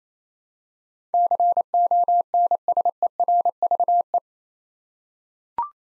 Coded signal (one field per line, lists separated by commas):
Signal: Morse code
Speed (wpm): 29 wpm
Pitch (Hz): 700 Hz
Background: none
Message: CONSERVE